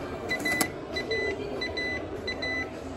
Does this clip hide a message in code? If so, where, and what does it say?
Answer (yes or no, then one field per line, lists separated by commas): no